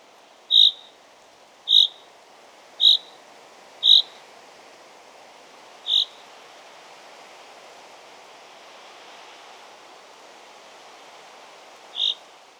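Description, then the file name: Common chaffinch calling with short bright metallic notes, four in quick succession about a second apart, then one more, a long pause, and a final note. "Fringilla coelebs"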